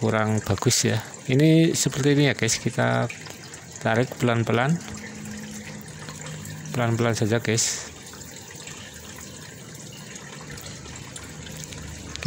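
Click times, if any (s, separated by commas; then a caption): 11.6 s, 11.7 s, 12.2 s. Someone talks while slowly pulling a car door trim panel away from the door frame to reach the power window switch. The panel's plastic retaining clips pop out of the door with sharp clicks at 11.6, 11.7, 12.2 and 12.2 seconds, and the clips are all released.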